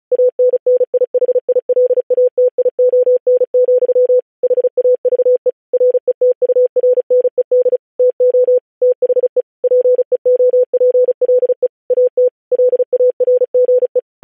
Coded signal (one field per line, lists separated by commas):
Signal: Morse code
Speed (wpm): 36 wpm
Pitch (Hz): 500 Hz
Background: none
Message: ANNIHILATION, HAVE RETURNED TO THE PEOPLE AT LARGE